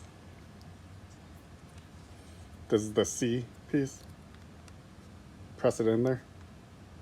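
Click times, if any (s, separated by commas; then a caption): none. A plastic C adapter piece for a Michelin Guardian windshield wiper is handled and pressed toward the wiper blade's mount on an E63/E64 6 series BMW M6 while someone talks. Only a few faint ticks and handling noises are heard between the words, and nothing has seated or clicked into place yet.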